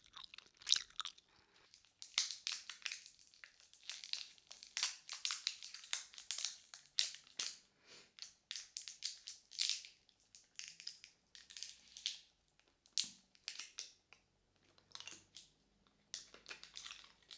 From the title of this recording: ASMR Mouth Sounds * Gum Chewing * Inaudible Whisper